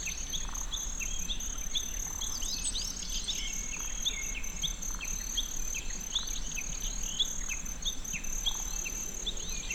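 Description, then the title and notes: Kinhibari cricket trilling steadily and high throughout, with many bird chirps and whistles over it and a low background rumble. Tsuruoka City; many other birds also audible; recorded with ZOOM F6 and Sennheiser MKH802. "鶴岡市のキンヒバリの声"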